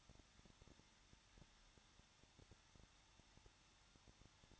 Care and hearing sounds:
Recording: daily activity, microphone in the room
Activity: no activity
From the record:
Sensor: 3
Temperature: 21.2 degrees Celsius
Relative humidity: 36.4%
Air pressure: 1006.3 hPa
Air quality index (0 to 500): 223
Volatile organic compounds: 43 ppm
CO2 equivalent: 3202 ppm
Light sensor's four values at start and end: 2/3/2/2 and 2/3/2/2

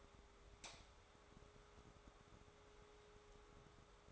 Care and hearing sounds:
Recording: daily activity, microphone in the room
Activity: light off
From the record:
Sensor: 3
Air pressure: 1010.2 hPa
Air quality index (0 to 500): 169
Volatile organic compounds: 10 ppm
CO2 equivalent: 2203 ppm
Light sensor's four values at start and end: 51/130/57/62 and 49/121/53/59

